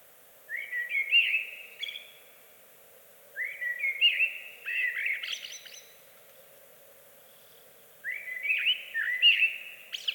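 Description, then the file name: Eurasian blackbird song in three melodious whistled phrases, each closing with high squeaky flourishes, spaced by short pauses; faint hiss behind. "Amsel Bird Blackbird"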